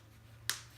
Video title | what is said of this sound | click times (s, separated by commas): How to do clothes diapers | snap into place on | 0.5 s